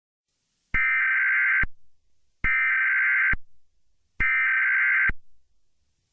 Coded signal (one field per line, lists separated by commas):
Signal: Emergency Alert System (SAME) tones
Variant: header bursts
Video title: EAS Scenario: Universal Kids Shutdown